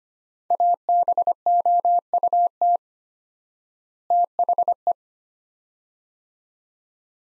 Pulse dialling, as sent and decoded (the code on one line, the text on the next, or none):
none